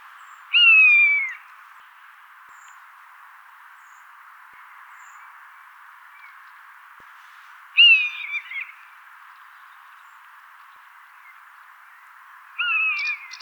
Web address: buteo buteo call